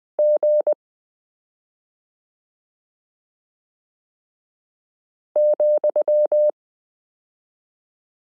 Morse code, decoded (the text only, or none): G,